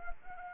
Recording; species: mosquito wingbeat signal from an infrared sensor; Anopheles arabiensis